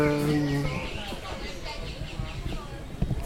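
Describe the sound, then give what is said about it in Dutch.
Birds calling at Parknest: a loud, sustained low honking call opens, followed by scattered softer calls and chirps over a steady, busy background murmur. “Dat wil zeggen, ik ben nu even op bezoek bij de vogels, zoals je hoort.”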